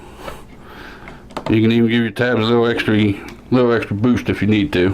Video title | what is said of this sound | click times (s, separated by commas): How to build $500 Ryzen3 2200G entry level Gaming computer | on each side and push it down until it clicks you | 1.1 s, 1.4 s